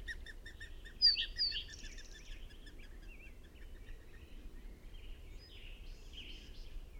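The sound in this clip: Bird song: a dense chorus of high chirps, whistles and short trills, with a few louder sharp notes near the start, over a steady low background hum.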